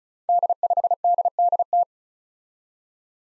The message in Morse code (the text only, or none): D5DDT